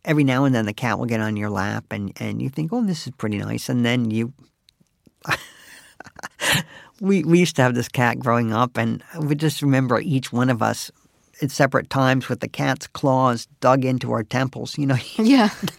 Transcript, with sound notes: Every now and then, the cat will get on your lap, and you think, oh, this is pretty nice. And then you - (laughter) we used to have this cat growing up, and I would just remember each one of us, at separate times, with the cat's claws dug into our temples, you know,